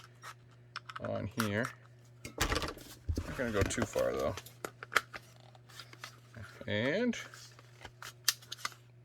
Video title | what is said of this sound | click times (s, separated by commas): Maximum Effort Poly 80 Build | it locks in place. We're good to go. | 8.3 s